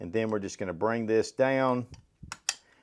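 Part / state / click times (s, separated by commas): action bar into rifle bolt / seated / 2.5 s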